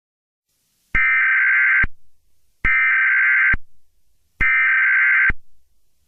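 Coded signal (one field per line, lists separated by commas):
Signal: Emergency Alert System (SAME) tones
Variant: header bursts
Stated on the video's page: Fictional alien armada scenario, simulated alert.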